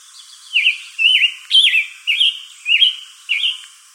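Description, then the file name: Scarlet tanager song: six hoarse, burry phrases delivered in quick succession with brief gaps, over faint background hiss. Recorded in Arizona on 22 June 2012. "SCTA stejskal"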